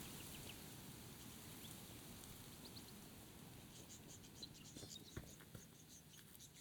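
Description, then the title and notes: Budgerigar cheeps, a quick string of high chirps building in the second half over continuous gusting wind. Budgerigars cheeping near Birdsville, Queensland, on a windy spring morning in September 2022; Sennheiser Ambeo 3D headset; recordist walks away and back. "Budgies on a Spring Morning in Birdsville, QLD. The Quiet. made near Birdsville, QLD in September 2022. Listen to the budgerigars cheeping away as the wind blows past you"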